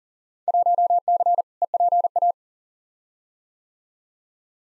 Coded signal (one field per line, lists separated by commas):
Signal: Morse code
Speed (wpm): 40 wpm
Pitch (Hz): 700 Hz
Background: none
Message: 1C EPA